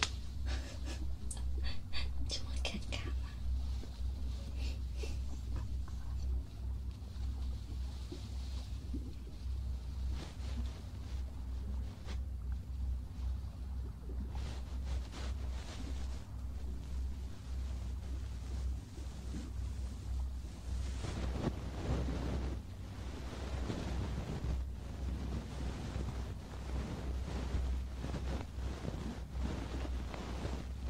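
Ear cleaning and ear massage sounds: a steady, heavy low rumble with rubbing and scratching bursts layered on top. The crackly strokes come in irregular clusters early on, ease off in the middle, then grow denser and louder after about twenty seconds.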